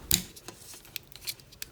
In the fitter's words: The levers give a satisfying snap and the hold strength is awesome.